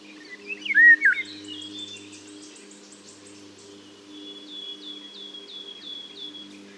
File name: Mathias Ritschard - Obyknovennaya ivolga Oriolus oriolus